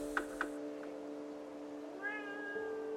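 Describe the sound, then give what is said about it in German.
A cat named Tigerchen gives a couple of short sharp chirps, then lets out a long, rising, tonal meow with clear harmonics over a steady low hum, fairly soft and with no one speaking. “Ach, du bist das, Tigerchen. Guten Abend. Na, komm mal zu mir.”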